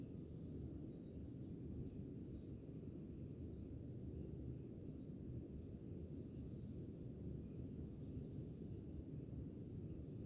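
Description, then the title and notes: Crickets chirping in high, pulsing trills that come and go irregularly, over a loud, constant rush of ocean waves. Crickets with ocean waves. "Pássaros, grilos e oceano - Birds, crickets and ocean. Sons de grilos, pássaros e ondas - Sounds of crickets, birds and waves"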